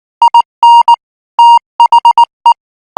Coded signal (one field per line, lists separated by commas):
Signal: Morse code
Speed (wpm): 19 wpm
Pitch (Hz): 940 Hz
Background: none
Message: IN THE